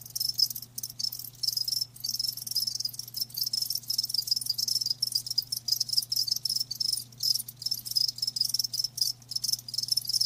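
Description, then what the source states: Chorus of crickets: shimmering high-pitched trills, nearly continuous with occasional brief dropouts, and a steady low hum in the background. Live crickets chirping with a lulling song.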